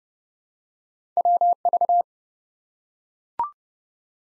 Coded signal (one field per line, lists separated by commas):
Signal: Morse code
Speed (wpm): 30 wpm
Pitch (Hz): 700 Hz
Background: none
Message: WV